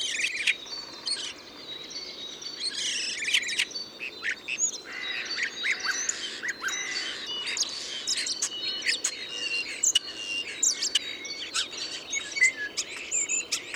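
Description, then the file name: Common starling song, a dense jumble of high chirps, clicks, squeaks and brief whistles running continuously without a clear pattern. Landshut, 2 March 2014. "Star 02 03 2014 Landshut LA Michle Pron"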